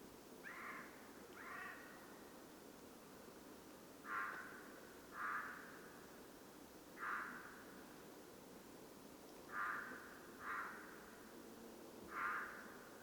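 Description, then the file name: Eurasian jay giving eight hoarse, rasping calls, several in close pairs, spaced irregularly throughout against a constant hissing background. "Garrulus glandarius"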